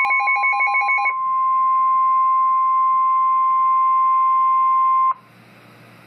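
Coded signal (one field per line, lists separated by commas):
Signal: Emergency Alert System (SAME) tones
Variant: 1050 Hz attention tone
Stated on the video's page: Real EAS special marine warning, recorded with an HTC Evo 4G phone.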